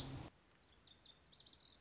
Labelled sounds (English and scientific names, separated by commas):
Lazuli Bunting (Passerina amoena)